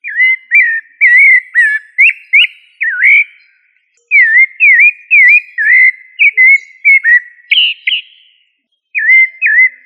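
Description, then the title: Thrush song of many short slurred whistles in quick succession, broken by brief pauses, with a couple of higher notes near the end. "Familia Turdidae - Sabia"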